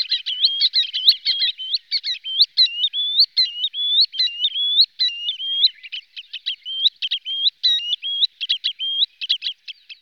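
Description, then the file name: Green sandpiper pouring out a fast, continuous stream of repeated fluty whistling notes. "Vodous kropenaty Tringa ochropus"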